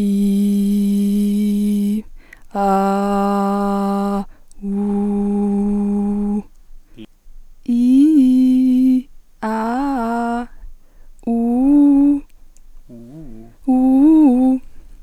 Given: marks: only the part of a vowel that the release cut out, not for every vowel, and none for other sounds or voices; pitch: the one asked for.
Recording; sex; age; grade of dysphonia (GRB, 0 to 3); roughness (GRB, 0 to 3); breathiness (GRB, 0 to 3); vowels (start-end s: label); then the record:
sustained vowels; female; 20 to 29 years; 1; 0; 1
0.22-1.72 s: vowel /i/, low pitch
2.77-4.10 s: vowel /a/, low pitch
4.81-6.16 s: vowel /u/, low pitch
7.77-8.91 s: vowel /i/, low-high-low pitch
9.49-10.32 s: vowel /a/, low-high-low pitch
13.75-14.51 s: vowel /u/, low-high-low pitch
From the record:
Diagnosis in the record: recurrent laryngeal nerve paralysis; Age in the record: 27 years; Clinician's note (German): Keine Symptomatik mehr, unauffälliges stroboskopisches Bild